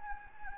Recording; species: mosquito wingbeat signal from an infrared sensor; Anopheles gambiae